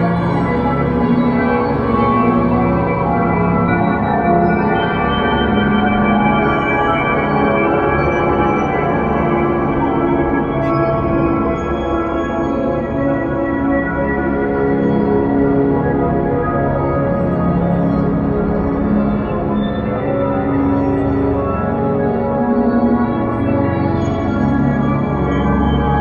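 A dark, dissonant atmosphere of dense, sustained metallic tones, like overlapping gongs or bowls ringing together. The sound stays thick and steady in loudness for the whole stretch, with a heavy low rumble beneath shimmering, clashing upper tones that shift slowly without clear breaks.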